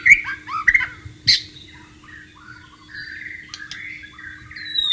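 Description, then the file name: White-rumped shama giving bright slurred whistles and a sharp note early, then softer rambling warbles, over a faint steady hum. Wild bird recorded in its natural habitat. "suara burung murai batu di alam liar"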